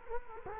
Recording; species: mosquito wingbeat signal from an infrared sensor; Culex quinquefasciatus